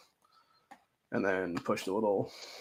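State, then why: Seated. A sliding belt attachment is popped back into place on a knife sheath, giving a short, sharp click at 0.7 s after a faint tick at 0.2 s. Someone then talks. The attachment is seated.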